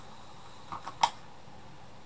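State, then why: Released. Someone cranks the rewind lever on a 35mm film camera, and two soft ticks at about 0.7 and 0.9 seconds come before a sharper, brighter click at 1.0 seconds. That click is the film leader pulling free of the take-up spool, so the film is released and fully rewound.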